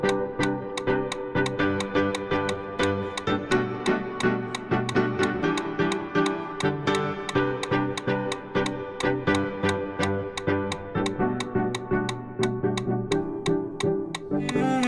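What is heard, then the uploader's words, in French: A metronome ticks steadily at about 175 beats per minute, each click sharp and bright and perfectly even. Under it, a layer of sustained tones and chords holds at a constant level throughout, with a brief brighter swell in the final second. L’entrainement consiste à courir 1h15 en endurance à 175 pas par minute en suivant le métronome.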